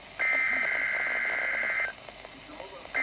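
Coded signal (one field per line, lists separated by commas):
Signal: Emergency Alert System (SAME) tones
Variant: header bursts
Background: speech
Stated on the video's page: NOAA Weather Radio test from the Detroit/Pontiac transmitter.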